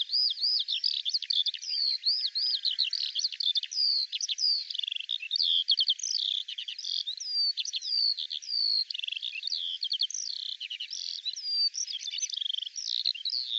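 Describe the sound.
Eurasian skylark delivering a sustained, rapid medley of high looping whistles, chirps and quick trills without a break.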